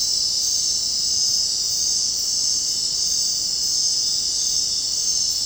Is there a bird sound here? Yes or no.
no